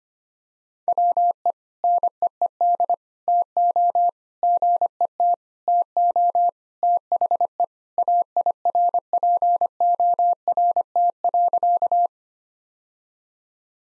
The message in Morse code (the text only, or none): WE NEED TO GET TO THE AIRPORT.